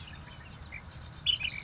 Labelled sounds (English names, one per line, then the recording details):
Ash-throated Flycatcher
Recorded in Sonoma County, California